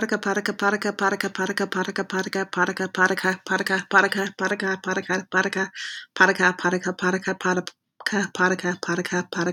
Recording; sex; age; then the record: repeated syllables /pa ta ka/; female; 30 to 39 years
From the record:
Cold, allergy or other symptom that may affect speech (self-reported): no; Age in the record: 34 years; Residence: Utah, United States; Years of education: 16